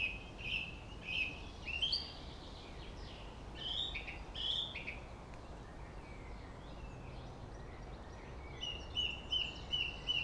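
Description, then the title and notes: Song thrush singing, a short whistled phrase repeated three times, then varied notes and a quick run of repeated high notes at the end, over traffic hum. Singing in Friedhof Columbiadamm (Neuer Garnisonsfriedhof) cemetery, Berlin, with distant city and traffic noise; recorded on a Sony PCM D50. "Friedhof Columbiadamm, Berlin - Song thrush. Friedhof Columbiadamm (Neuer Garnisonsfriedhof), Song thrush (Singdrossel) singing, distant city. traffic noise"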